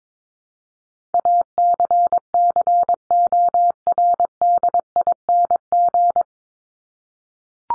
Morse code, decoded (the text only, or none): ACCORDING